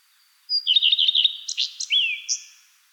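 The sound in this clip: Redstart song: a short high thin note, then a quick run of repeated chirps, ending in a jumbled twittering flourish with a falling slur.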